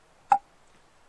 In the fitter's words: Right now it's locked into place, and to unlock it you just squeeze the handle together